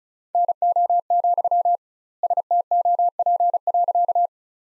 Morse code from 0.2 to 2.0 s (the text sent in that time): NO,